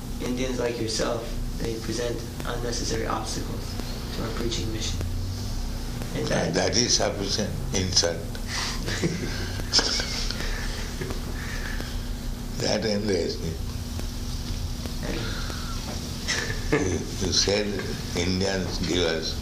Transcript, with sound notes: Indians like yourself, they present unnecessary obstacles to our preaching mission."
That is sufficient insult. [laughter] That enraged him. You said Indian-givers.